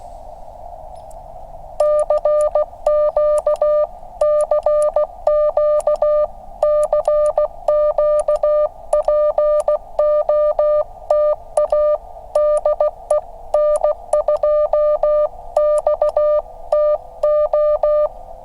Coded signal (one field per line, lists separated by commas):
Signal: Morse code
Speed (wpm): 16 wpm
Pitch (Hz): 600 Hz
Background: music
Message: CQ CQ CQ POTA DE N2XTO